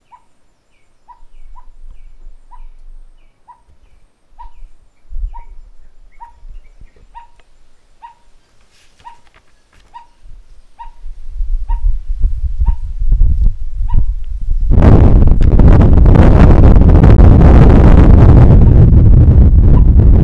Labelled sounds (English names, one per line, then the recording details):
Spot-flanked Barbet
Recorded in northern Uganda